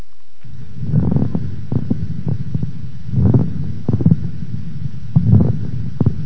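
About three breaths heard over an adult's chest, with bursts of sharp, loud clicking crackles: resonant moist crackles in the lungs.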